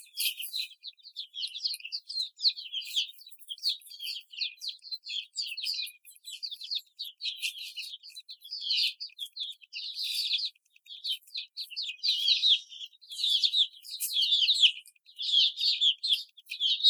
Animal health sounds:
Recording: young laying hens in a cage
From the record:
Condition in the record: after the stressor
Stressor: simulated dog barking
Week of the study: 4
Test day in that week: 2

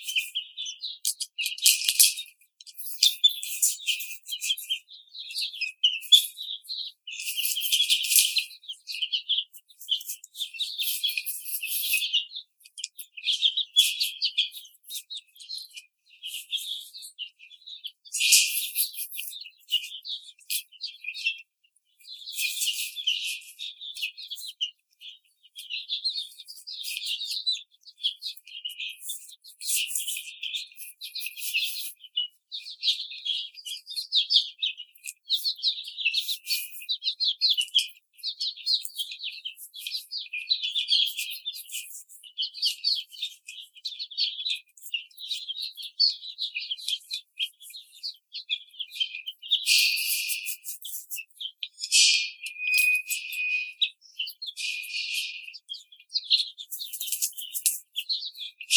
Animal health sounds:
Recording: young laying hens in a cage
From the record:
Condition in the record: treatment cage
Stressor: simulated dog barking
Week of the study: 5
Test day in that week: 1

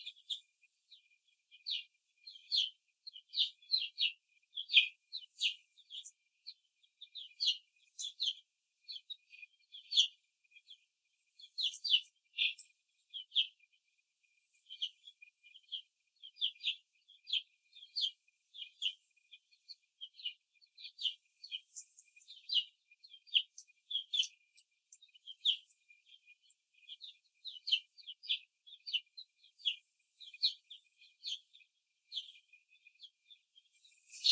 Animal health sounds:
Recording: young laying hens in a cage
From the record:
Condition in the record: after the stressor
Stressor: simulated dog barking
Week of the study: 2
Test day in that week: 2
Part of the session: 2

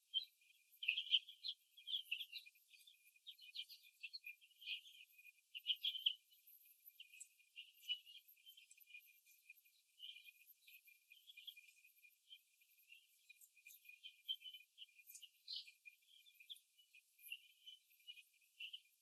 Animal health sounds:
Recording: young laying hens in a cage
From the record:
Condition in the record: before the stressor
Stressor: simulated dog barking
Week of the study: 2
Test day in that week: 3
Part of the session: 2

